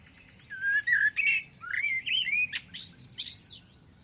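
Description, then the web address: Bird song: varied warbling phrase of whistled slurs and buzzy notes, ending in higher rising and falling whistles. "Deverinetal. Bird Only"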